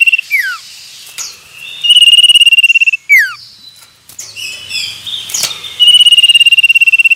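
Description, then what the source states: Common iora song: drawn-out high trilled whistles, some ending in a sharp downward slur, mixed with short chirps. Male.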